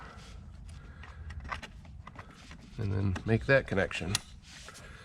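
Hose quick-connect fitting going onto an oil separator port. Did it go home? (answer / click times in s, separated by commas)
no / none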